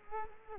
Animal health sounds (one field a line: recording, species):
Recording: mosquito wingbeat signal from an infrared sensor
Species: Culex quinquefasciatus